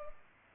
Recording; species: mosquito wingbeat signal from an infrared sensor; Culex pipiens